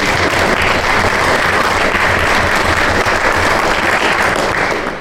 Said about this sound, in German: Dankeschön, dass ihr gekommen seid und vielleicht noch einen kleinen Applaus für die Kandidaten, dass ihr heute gekommen seid.